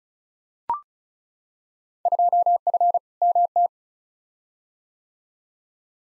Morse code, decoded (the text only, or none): 2F MT